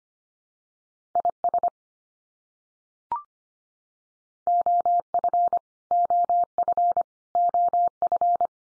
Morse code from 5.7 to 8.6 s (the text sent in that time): OF OF